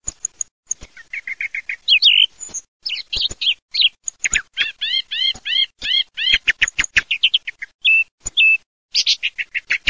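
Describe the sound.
Thrush song of varied, loud whistled phrases, several repeated two or three times, broken by sharp clicking sounds throughout.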